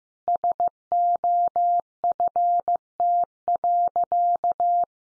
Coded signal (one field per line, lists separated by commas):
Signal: Morse code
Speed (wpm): 15 wpm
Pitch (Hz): 700 Hz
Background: none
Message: SOFT.